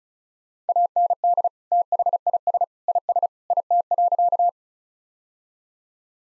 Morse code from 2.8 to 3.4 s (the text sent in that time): IS